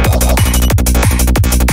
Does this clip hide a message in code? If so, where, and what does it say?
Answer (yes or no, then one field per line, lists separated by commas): no